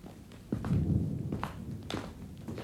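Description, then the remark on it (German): A few slow footsteps of a person walking over into the bedroom land as dull, low thuds with brief scuffing clicks, spaced unevenly over a soft rumbling background and no voices. “Ich ging hinüber ins Schlafzimmer.”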